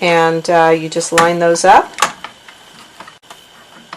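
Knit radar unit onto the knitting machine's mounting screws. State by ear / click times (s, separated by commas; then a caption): seated / 3.9 s. Someone talks while a knit radar unit is lined up with the small mounting screws on the side of a Knitmaster MK70 mid-gauge knitting machine, followed by quiet handling clicks. The unit is pushed on and snaps into place with a sharp click at 3.9 s, seated.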